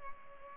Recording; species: mosquito wingbeat signal from an infrared sensor; Culex pipiens